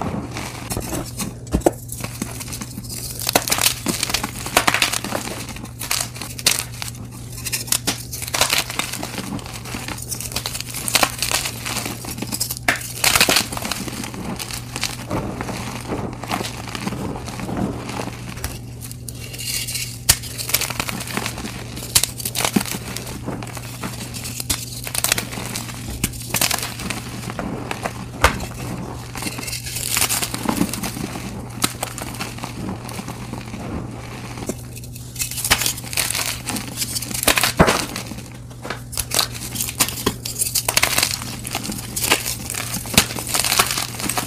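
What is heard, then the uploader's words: Gym chalk is crushed and crinkled, a dense, continuous stream of crisp crackles over a steady low hum. Blue & Yellow Dyed Gym Chalk Crush. Crushing dyed gym chalk blocks.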